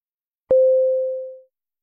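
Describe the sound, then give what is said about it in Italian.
A telephone ringing tone on a call to a mobile phone: one steady, mid-pitched beep lasting about a second, starting with a sharp click and tapering off gradually, with no voices. “Non lo so, di solito tiene il cellulare spento. Ora provo. Pronto?”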